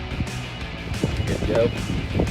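A license plate lamp bulb socket is handled at its hole in the rear bumper of a 2015-2020 F-150, being fed through and twisted, while someone talks over a steady background hum with low thumps. The clip ends before the socket pops in, so nothing has seated or clicked yet.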